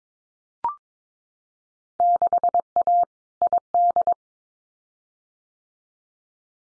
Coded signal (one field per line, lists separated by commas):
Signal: Morse code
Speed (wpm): 22 wpm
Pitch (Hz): 700 Hz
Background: none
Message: 6A ID